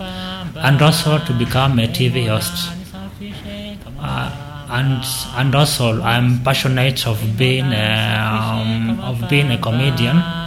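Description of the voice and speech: An adult man's speech with a repeated opening word, prolonged sounds and a repeated phrase after a pause: stuttering (stammering, also known as childhood-onset fluency disorder), present since childhood, in a trained journalist from Tala, Machakos County, Kenya.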